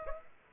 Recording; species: mosquito wingbeat signal from an infrared sensor; Aedes aegypti